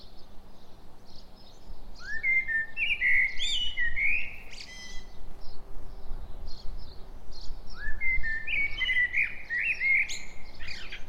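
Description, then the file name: Common blackbird song, two loud fluty phrases rising to shrill twittered endings, separated by a pause, with soft chirps from other birds. "Turdus merula"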